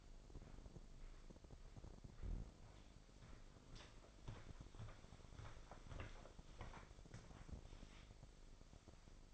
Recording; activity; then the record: daily activity, microphone in the room; walk to room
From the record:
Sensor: 5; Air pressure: 995.6 hPa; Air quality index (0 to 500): 109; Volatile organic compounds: 8 ppm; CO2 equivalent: 2113 ppm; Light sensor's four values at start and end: 38/93/37/38 and 37/88/36/37